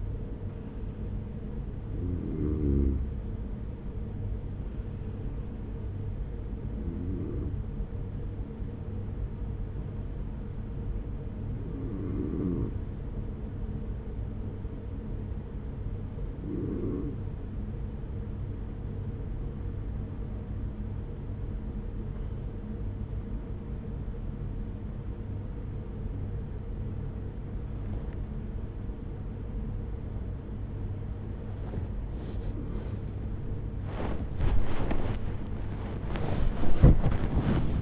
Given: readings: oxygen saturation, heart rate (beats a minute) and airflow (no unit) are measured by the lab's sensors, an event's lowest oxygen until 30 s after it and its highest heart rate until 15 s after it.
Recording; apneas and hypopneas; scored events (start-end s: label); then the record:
breathing in sleep by a smartphone at the bedside; 1
4.00-21.40 s: hypopnea (N2, oxygen 95% highest, then 93% lowest, heart rate 43 at the start, 68 highest)
19.00-37.82 s: new sleep stage, awake
24.00-37.82 s: awake
From the record:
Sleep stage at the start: N2 (light sleep); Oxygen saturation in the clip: 93 to 95%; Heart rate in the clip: 43 to 68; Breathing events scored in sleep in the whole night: 210 in 6.9 hours asleep